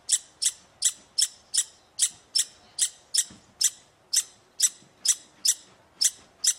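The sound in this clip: Squirrel calling with loud, sharp high chips in a quick, even series, a bit faster than two per second, over quiet background.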